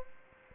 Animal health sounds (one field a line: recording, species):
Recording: mosquito wingbeat signal from an infrared sensor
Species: Aedes aegypti